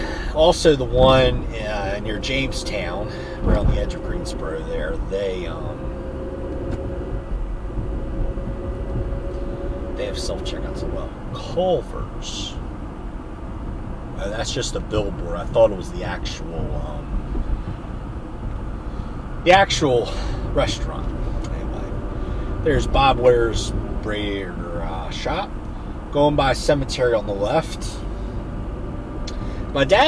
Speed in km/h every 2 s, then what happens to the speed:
53, 53, 55, 55, 56, 60, 58, 60, 60, 58, 60, 61, 60, 60, 61.
0-30 speeds up to 61.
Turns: none.